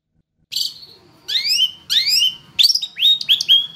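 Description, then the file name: Long-tailed shrike song, a thin high note followed by rising, slurred whistles, then quick downward-sweeping notes repeated about twice a second. Used for training songbirds by bird keepers. "cendet-master 4-omkicau"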